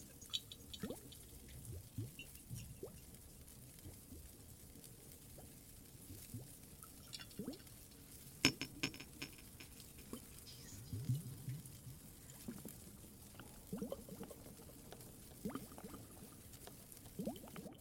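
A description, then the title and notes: Water trickles and drips unevenly with soft low gurgles, punctuated by occasional sharper ticks and pops, clearest near 8 and 11 seconds. Some more Cave ASMR, Water and Fireplace added.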